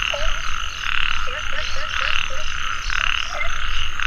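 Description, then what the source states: Frog croaks, short and wavering, with a quick run of four or five near the middle, over a constant high background chorus. Frogs calling in a mountain valley at dusk; field recording.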